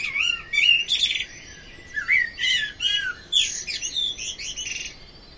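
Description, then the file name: Common blackbird song: low fluted warbling phrases, each quickly trailing into high, scratchy twittering, several phrases packed into a few seconds. "Amsel singt"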